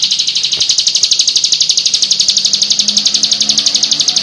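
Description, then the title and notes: Prinia singing a fast, unbroken series of shrill notes, evenly repeated throughout. Complete song of the prenjak, including the rolling song style called ngerol. "Suara Kicau Burung Prenjak Lengkap dan Ngerol"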